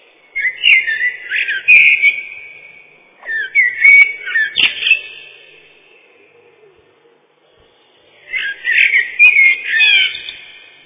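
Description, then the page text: Common blackbird song: mellow fluting phrases, three phrases separated by a short pause and then a longer one of a few seconds. Song described as mournful fluted whistles. "Черный дрозд — Turdus merula"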